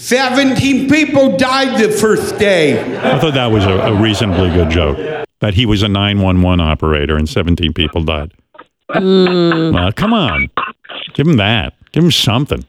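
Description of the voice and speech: Fluent, clearly articulated adult male speech in a normal pitch range, with a brief second voice and light chuckling.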